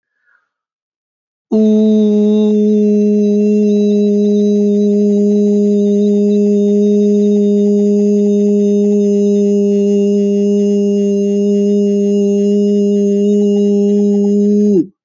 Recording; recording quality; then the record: sustained vowel as in boot; excellent, no background noise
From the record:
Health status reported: healthy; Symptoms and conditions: none ticked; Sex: male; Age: 22 years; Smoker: not ticked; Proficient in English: yes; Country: United States